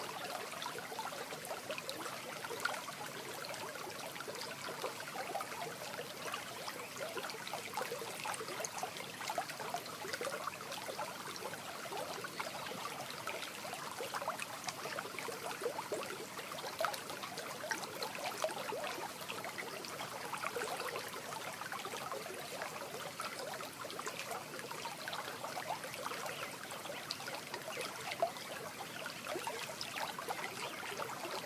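A morning stream runs steadily for the whole stretch, a dense, even wash of trickling and splashing water. Small bright drips and gurgles pop out of the flow constantly, while the low end stays thin and the level barely shifts.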